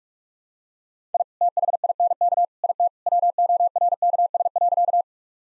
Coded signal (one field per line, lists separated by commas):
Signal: Morse code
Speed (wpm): 46 wpm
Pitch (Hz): 700 Hz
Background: none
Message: I THINK IT WORKS.